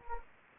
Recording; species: mosquito wingbeat signal from an infrared sensor; Anopheles gambiae